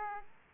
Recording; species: mosquito wingbeat signal from an infrared sensor; Aedes aegypti